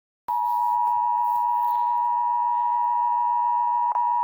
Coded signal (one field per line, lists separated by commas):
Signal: Emergency Alert System (SAME) tones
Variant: 853 and 960 Hz attention tone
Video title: EAS alarm compilation 1